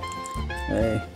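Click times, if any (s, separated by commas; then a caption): none. A plastic toy gun accessory is pushed into the C-shaped hole on a Transformers Dark of the Moon Cyberverse Guzzle transforming robot figure, under loud background music while someone talks. The gun does not grip firmly onto the robot, and nothing has clicked or seated yet.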